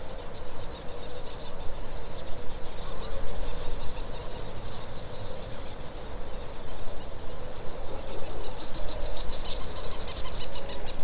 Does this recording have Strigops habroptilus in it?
no